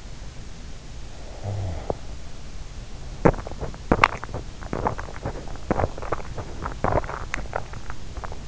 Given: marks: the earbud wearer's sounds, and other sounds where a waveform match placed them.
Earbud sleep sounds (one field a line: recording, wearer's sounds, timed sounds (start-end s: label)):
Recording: sounds in sleep by an in-ear microphone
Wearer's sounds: snoring breath, teeth grinding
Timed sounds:
1.37-2.01 s: snoring breath
3.11-8.47 s: teeth grinding